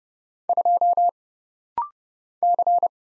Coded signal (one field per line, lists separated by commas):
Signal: Morse code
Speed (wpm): 31 wpm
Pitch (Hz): 700 Hz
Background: none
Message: 2 C